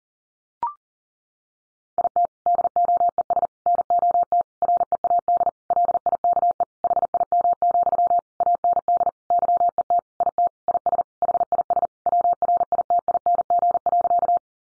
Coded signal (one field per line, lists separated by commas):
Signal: Morse code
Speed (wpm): 40 wpm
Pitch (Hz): 700 Hz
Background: none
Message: IT DOES NOT READ LIKE HIM, AND YET IT IS HIS WRITING.